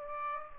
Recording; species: mosquito wingbeat signal from an infrared sensor; Aedes aegypti